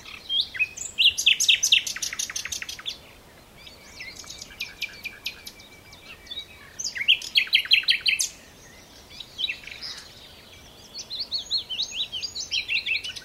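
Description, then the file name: Common nightingale song in three bursts separated by short pauses, each mixing rich whistles, rattles and rapidly repeated notes, with soft calls between the phrases. "Luscinia megarhynchos"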